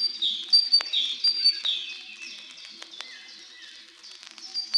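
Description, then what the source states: Great Tit calls: ringing high notes repeated in short runs, then softer, scattered chips and a few lower slurred notes. Very ringing voice; the bird rarely stays silent; several of its calls presented in sequence.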